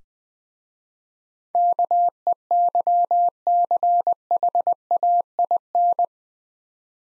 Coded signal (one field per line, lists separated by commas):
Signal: Morse code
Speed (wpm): 20 wpm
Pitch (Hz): 700 Hz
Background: none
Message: KEYCHAIN